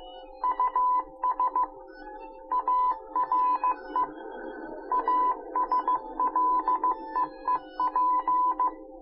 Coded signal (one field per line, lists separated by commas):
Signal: Morse code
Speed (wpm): 15 wpm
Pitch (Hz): 1000 Hz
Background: music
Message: US ARE ASLEEP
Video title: Nancy Drew: Danger by Design - Easter Egg